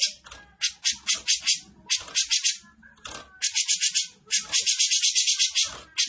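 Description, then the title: Grey-cheeked bulbul giving fast rasping rattles, buzzy high bursts repeated in quick runs of several notes, with soft knocks underneath. Bird singing actively (gacor) in the besetan style, with clear voice. "Cucak Jenggot Besetan Gacor. Cucak Jenggot Besetan Terbaik Dengan Suara Jernih"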